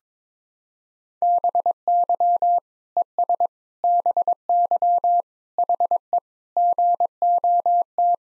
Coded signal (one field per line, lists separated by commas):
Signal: Morse code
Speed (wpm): 22 wpm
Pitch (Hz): 700 Hz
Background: none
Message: BY ES BY HE GOT